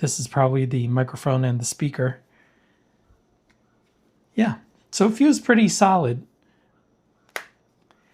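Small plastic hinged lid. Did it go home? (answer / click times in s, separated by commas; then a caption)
yes / 7.4 s. Someone talks as the plastic clamshell of an Unnecto Snap flip phone is closed, its upper half coming down onto the keyboard base. The lid shuts with a single sharp snap at 7.4 s. The closing click is weak and unsatisfying, probably because it is not an expensive phone.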